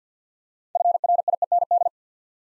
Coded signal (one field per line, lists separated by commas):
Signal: Morse code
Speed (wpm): 50 wpm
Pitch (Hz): 700 Hz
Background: none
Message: FRIEND